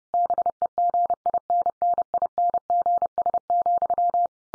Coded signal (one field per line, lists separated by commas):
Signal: Morse code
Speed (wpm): 30 wpm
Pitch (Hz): 700 Hz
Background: none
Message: BEGINNINGS,